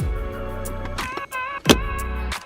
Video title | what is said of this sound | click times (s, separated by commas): 2011 Silverado Center Console Latch Replacement - EASY D.I.Y. - Silverado Build | Now it's closing all the way. I'm pulling on it. You hear it clicking back down. | 1.7 s